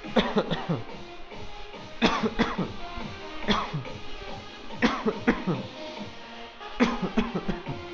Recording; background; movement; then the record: voluntary coughing; music; walking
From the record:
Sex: male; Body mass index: 20.5 kg/m2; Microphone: on the chest, facing outward